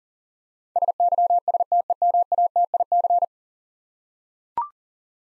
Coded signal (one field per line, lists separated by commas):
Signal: Morse code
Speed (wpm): 40 wpm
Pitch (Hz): 700 Hz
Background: none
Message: SYSTEMATIC